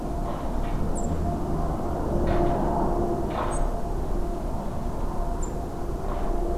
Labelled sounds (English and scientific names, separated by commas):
man-made sound, Song Thrush (Turdus philomelos), European Robin (Erithacus rubecula)